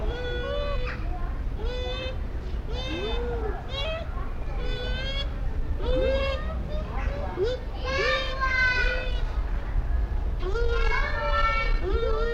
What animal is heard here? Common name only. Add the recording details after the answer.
Bush Dog. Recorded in captivity. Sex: pair. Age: adult. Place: Zoo Berlin, Berlin, DE. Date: 1994-08-27 13:27. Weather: heiter, 15-20°C. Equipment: Marantz CP 430, Sennheiser ME 80, Kopie Uher Variocord 263. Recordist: Tembrock, Günter